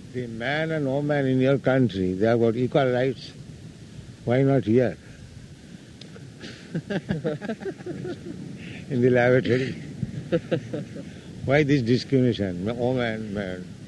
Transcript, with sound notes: The man and woman in your country, they have got equal rights. Why not here, [laughter] in the lavatory? Why this discrimination, "woman," "man"?